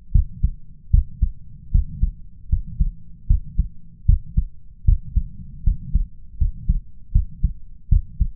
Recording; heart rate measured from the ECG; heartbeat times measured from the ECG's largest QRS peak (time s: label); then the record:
heart sounds by stethoscope; 77 bpm
0.11 s: heartbeat
0.90 s: heartbeat
1.71 s: heartbeat
2.49 s: heartbeat
3.27 s: heartbeat
4.05 s: heartbeat
4.84 s: heartbeat
5.63 s: heartbeat
6.37 s: heartbeat
7.12 s: heartbeat
7.88 s: heartbeat
From the record:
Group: healthy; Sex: male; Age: 21 years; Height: 180 cm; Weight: 67.5 kg